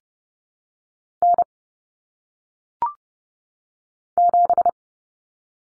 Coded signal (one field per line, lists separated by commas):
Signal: Morse code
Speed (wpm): 30 wpm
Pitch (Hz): 700 Hz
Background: none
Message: N 7